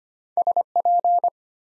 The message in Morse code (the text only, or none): SP